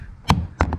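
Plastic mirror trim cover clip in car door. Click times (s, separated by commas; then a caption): 0.3 s, 0.6 s. Retaining clips of the plastic inner mirror trim cover on a 2013 Honda CR-Z passenger door let go with sharp pops at 0.3 s and 0.6 s as the cover is pried off during a mirror replacement, followed by a fainter snap at 0.7 s. The trim cover is released from the door.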